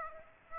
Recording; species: mosquito wingbeat signal from an infrared sensor; Aedes aegypti